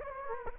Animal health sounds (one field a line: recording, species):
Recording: mosquito wingbeat signal from an infrared sensor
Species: Anopheles gambiae